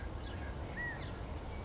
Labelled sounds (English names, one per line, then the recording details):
California Quail
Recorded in Sonoma County, California